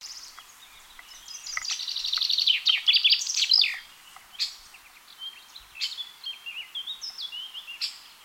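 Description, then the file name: Common chaffinch song: a bright trill that grows louder and ends in a quick flourish, followed by scattered chirps and whistles. "Fringilla coelebs"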